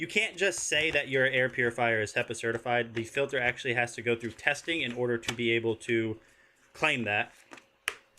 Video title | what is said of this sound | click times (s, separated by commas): Top Finds and Giveaways #FounditonAmazon | so we have it closed locked into place so you have all of your controls right up here on top | 7.9 s